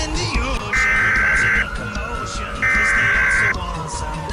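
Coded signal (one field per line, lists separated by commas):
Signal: Emergency Alert System (SAME) tones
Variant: header bursts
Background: speech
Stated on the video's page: Fictional zombie scenario alert, not a real warning.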